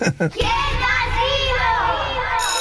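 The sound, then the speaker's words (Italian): A dense, continuous wash of children's voices shouting and chattering together, loud and lively, as kids play at recess, with a brief sharper burst at the start. “E ora, bambini, ricreazione.”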